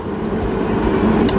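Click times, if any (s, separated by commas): none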